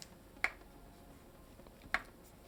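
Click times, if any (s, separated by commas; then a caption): 0.4 s, 1.9 s. A plastic, metal and glass Samsung Z Flip 4 flip phone is folded closed on its hinge twice, and its halves meet with a sharp, bright click at 0.4 s and again at 1.9 s. Each time the phone snaps fully shut, with only faint quiet noise between the clicks.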